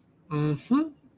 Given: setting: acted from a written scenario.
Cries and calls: vocal sound without words; pride

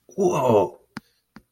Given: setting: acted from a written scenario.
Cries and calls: vocal sound without words; elation

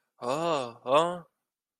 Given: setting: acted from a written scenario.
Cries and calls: vocal sound without words; serenity

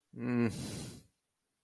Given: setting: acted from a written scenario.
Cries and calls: vocal sound without words; shame

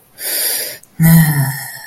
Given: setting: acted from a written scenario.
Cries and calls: vocal sound without words; serenity

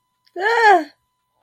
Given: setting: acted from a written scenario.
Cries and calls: vocal sound without words; fear

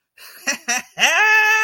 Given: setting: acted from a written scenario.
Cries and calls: vocal sound without words; triumph

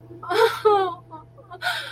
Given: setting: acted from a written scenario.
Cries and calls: vocal sound without words; sadness

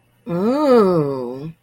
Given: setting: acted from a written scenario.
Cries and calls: vocal sound without words; romantic love

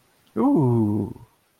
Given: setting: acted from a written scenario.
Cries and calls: vocal sound without words; positive surprise

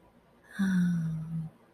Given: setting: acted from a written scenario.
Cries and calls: vocal sound without words; contentment

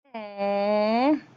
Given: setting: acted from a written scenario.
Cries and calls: vocal sound without words; pride

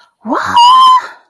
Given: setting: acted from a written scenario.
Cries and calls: vocal sound without words; positive surprise

